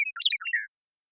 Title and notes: Western Meadowlark, Sturnella neglecta, song, contact calls, and flush, family: Troupials and Allies Pacific Northwest in Washington, United States